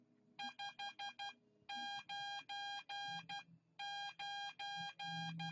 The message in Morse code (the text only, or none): 599